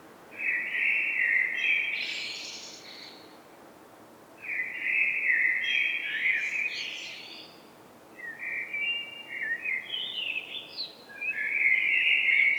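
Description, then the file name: Eurasian blackbird delivering three mellow whistled phrases, the first two with high scratchy endings, the last broken into quick fluty fragments. "Turdus merula"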